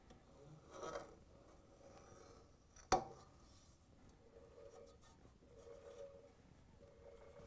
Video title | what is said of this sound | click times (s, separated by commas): How To: Whirlpool/KitchenAid/Maytag Rear Half of Outer Tub W10772617 | and rotate it until it snaps on | 2.9 s